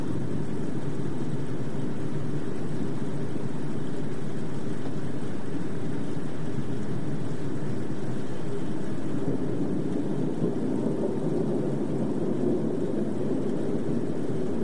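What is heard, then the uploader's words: Rain falls on glass under a low, continuous rumble of distant thunder. The sound stays dense and steady throughout, heavy in the low range with a fine, even patter above, thickening slightly after the ninth second without any sharp cracks. Urban Greenhouse Thunderstorm. The rhythmic sound of raindrops on the glass and the distant rumble of thunder.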